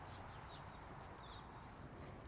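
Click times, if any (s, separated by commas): none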